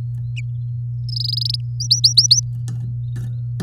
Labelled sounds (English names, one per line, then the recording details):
Domestic Canary song
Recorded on 4 May 2018 at 10:09
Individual llb16